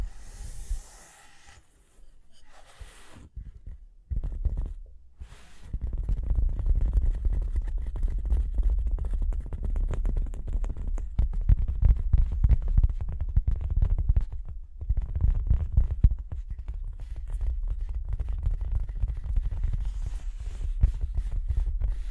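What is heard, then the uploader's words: Tapping and scratching, mostly dull and low, with dense clusters of small knocks and rubbing strokes. The first five seconds are sparse with brief pauses and a few hissy brushes, then from about six seconds the scraping runs nearly continuously, dipping briefly around fifteen seconds. Tapping and Scratching (No Talking).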